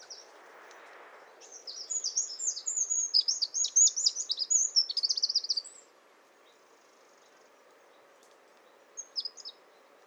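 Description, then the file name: Eurasian wren song: a loud four-second rush of very high, rapid trills and chattering notes, then quiet, then a brief final pair of high notes. "Troglodytes troglodytes"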